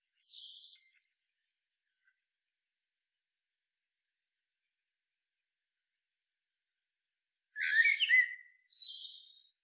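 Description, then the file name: Eurasian blackbird: a brief high squeak, a long pause, then a short mellow whistled phrase with a thin high twitter at its end. "Turdus merula"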